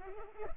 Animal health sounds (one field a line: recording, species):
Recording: mosquito wingbeat signal from an infrared sensor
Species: Culex pipiens